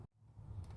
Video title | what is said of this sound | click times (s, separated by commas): Power Steering Pump Replacement 2002 Xterra 4 cylinder | and you get this thing right here and you push it in there and it click right in there | 0.6 s